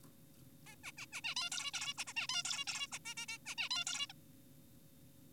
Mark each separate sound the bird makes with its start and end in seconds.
0.66-0.76, 0.84-0.92, 0.98-1.06, 1.12-1.21, 1.24-1.35, 1.36-1.50, 1.52-1.71, 1.74-1.94, 1.98-2.04, 2.07-2.13, 2.16-2.27, 2.29-2.43, 2.45-2.65, 2.67-2.88, 2.92-2.99, 3.06-3.14, 3.17-3.26, 3.28-3.38, 3.46-3.55, 3.58-3.69, 3.71-3.84, 3.87-4.07, 4.10-4.13